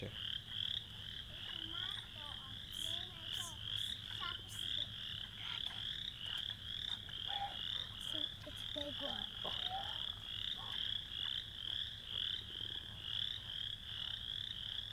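Frog: steady chorus of high, throbbing frog trills, pulsing throughout, overlaid in the first ten seconds by scattered chirps, clicks and short sliding notes.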